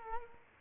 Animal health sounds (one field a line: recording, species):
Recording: mosquito wingbeat signal from an infrared sensor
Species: Culex quinquefasciatus